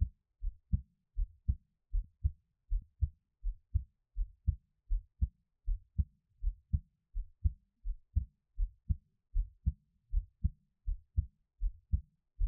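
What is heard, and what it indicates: Steady paired lub-dub thumps, low and soft, at about 80 beats per minute with an even rhythm. An adult's own heartbeat recorded close up for ASMR, with no talking and a quiet background.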